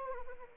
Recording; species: mosquito wingbeat signal from an infrared sensor; Anopheles arabiensis